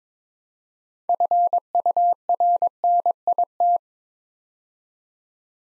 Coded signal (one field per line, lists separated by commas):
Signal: Morse code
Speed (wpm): 22 wpm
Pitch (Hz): 700 Hz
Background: none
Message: FURNIT